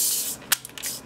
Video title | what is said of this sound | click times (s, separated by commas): Diaclone Dia-Battles V2 Alpha Plus Ver Review - CollectionDX | There you go. He's in there. He clicks. | 0.5 s